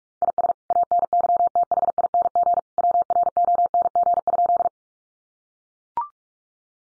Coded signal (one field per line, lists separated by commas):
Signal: Morse code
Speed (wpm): 44 wpm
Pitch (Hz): 700 Hz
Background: none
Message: IS ANYTHING WRONG?